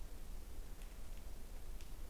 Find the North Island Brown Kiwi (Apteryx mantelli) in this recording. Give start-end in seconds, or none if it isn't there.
none